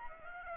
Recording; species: mosquito wingbeat signal from an infrared sensor; Aedes aegypti